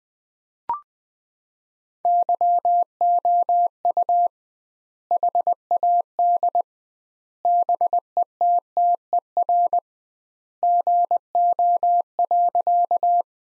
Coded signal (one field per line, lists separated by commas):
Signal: Morse code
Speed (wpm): 20 wpm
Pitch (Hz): 700 Hz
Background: none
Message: YOU HAD BETTER GO.